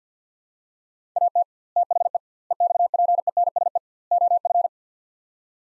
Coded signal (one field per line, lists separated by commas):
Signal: Morse code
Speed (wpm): 49 wpm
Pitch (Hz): 700 Hz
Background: none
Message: AT THE EXPENSE OF